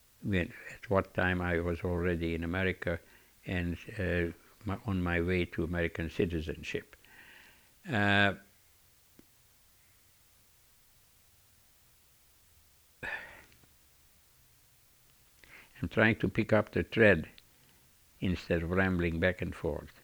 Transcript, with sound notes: when by that time I was already in America and on my way to American citizenship. Uh, (he pauses) I'm trying to pick up the thread instead of rambling back and forth.